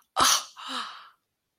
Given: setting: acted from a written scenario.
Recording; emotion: vocal sound without words; awe